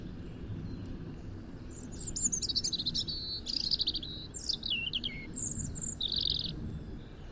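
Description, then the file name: European robin singing varied high, thin phrases: sweet whistles, quick rattled trills and sliding notes in short bursts, set against a steady low rumbling background. "Erithacus rubecula"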